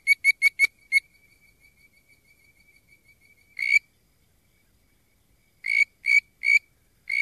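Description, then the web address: Bird-voiced treefrog giving bursts of quick whistled notes, a fast run of five, a pause with a faint steady tone, then spaced single whistles repeating. "Frog Calls Hyla avivoca - Bird Voiced Treefrog"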